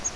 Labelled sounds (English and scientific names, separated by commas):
Grace's Warbler (Setophaga graciae) flight call